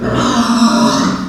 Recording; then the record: squeal of a Yucatan mini pig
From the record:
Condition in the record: after surgery on the right vocal fold (resection and tissue-engineered implant); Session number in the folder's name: 11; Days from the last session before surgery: 98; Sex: female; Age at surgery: 19 weeks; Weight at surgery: 25 kg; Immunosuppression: prednisolone